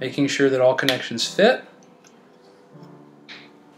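A Raspberry Pi 4 board is being fitted onto the Argon ONE case's HDMI/port adapter board, its connectors gently worked together by hand. Someone talks for the first second and a half, followed by quiet handling noise with faint ticks near 1.8 and 2.1 seconds. Nothing has seated or clicked yet.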